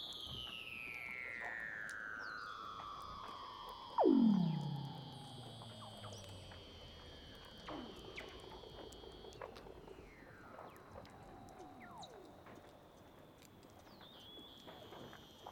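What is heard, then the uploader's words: Weddell seals call underwater in long sliding whistles that fall slowly from high to low, one starting the clip and a loud swooping descending call around four seconds. Fainter chirps, trills and thin high tones overlap throughout over a low steady rumble. Douglas Quin - Weddell Seals (Underwater).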